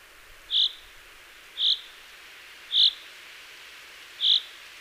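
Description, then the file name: Common chaffinch calling: four short, clear, high notes spaced about one to one and a half seconds apart, each similar, over a faint steady background hiss. "Fringilla coelebs"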